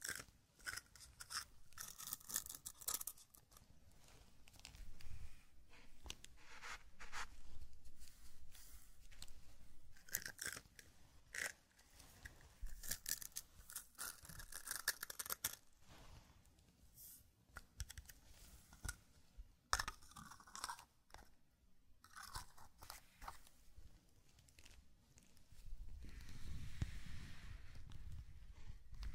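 Zen garden sand being handled, with dense crinkling and brushing scrapes that come in quick bursts, some crunchy like chewing or cutting. Short sharp taps break in around 8, 11 and 20 seconds. Near the end a broader rushing sweep with a low rumble takes over.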